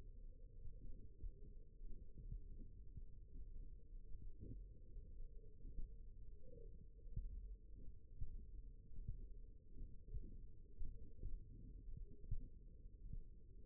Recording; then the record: forearm muscle sounds (acoustic myography)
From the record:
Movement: finger pinch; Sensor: system 1, eight BSWA MPA416 microphones around the upper forearm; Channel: 2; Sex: female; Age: 21 years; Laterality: right